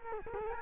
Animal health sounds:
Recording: mosquito wingbeat signal from an infrared sensor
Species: Culex quinquefasciatus

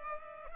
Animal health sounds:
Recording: mosquito wingbeat signal from an infrared sensor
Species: Culex pipiens

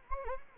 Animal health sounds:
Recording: mosquito wingbeat signal from an infrared sensor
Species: Anopheles gambiae

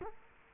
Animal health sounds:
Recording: mosquito wingbeat signal from an infrared sensor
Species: Culex quinquefasciatus

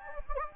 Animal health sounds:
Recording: mosquito wingbeat signal from an infrared sensor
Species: Anopheles gambiae

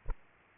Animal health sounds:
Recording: mosquito wingbeat signal from an infrared sensor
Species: Aedes aegypti

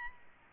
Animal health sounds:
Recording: mosquito wingbeat signal from an infrared sensor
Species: Aedes albopictus

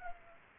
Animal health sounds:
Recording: mosquito wingbeat signal from an infrared sensor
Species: Culex pipiens

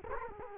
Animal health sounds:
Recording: mosquito wingbeat signal from an infrared sensor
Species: Culex quinquefasciatus

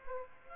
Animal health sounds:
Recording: mosquito wingbeat signal from an infrared sensor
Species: Aedes aegypti

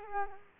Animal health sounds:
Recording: mosquito wingbeat signal from an infrared sensor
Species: Culex quinquefasciatus

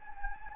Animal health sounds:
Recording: mosquito wingbeat signal from an infrared sensor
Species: Anopheles gambiae

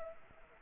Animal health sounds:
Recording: mosquito wingbeat signal from an infrared sensor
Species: Anopheles arabiensis

